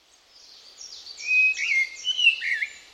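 Bird chirps: high, thin whistled notes that slide up and down, building into a brief twittering phrase against a quiet background.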